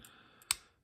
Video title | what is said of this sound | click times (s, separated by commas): #1885 More on the new Rotasera Bowley padlocks. | there's our click now we're actually now we're open | 0.5 s